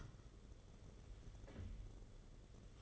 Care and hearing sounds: daily activity, microphone in the room; take from stove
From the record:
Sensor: 4

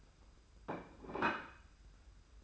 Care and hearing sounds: daily activity, microphone in the room; place plate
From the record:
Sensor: 2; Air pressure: 991.7 hPa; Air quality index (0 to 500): 185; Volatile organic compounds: 1000 ppm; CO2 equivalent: 6030 ppm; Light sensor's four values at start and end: 22/71/27/27 and 23/73/29/27

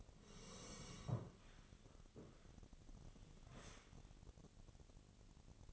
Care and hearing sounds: daily activity, microphone in the room; sit down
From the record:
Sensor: 4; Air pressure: 1001.2 hPa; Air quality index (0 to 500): 182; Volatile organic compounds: 2 ppm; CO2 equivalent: 1300 ppm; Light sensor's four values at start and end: 14/32/13/13 and 14/33/13/14

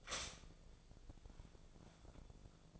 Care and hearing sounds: daily activity, microphone in the room; stop toaster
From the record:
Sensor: 5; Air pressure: 1000.3 hPa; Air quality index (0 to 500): 124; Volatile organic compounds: 2 ppm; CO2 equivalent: 984 ppm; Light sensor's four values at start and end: 85/199/85/92 and 84/198/85/92

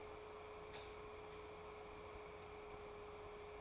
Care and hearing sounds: daily activity, microphone in the room; light off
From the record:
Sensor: 1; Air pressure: 1010.2 hPa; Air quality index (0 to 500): 171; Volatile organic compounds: 12 ppm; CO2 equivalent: 2357 ppm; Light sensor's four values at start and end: 52/140/57/70 and 49/127/52/65

